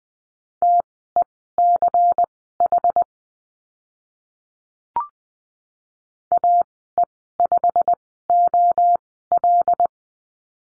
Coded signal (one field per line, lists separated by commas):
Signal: Morse code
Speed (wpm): 20 wpm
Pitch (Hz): 700 Hz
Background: none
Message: TECH AE5OL